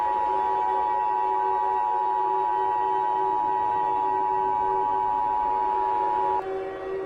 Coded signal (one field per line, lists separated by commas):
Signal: Emergency Alert System (SAME) tones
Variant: 853 and 960 Hz attention tone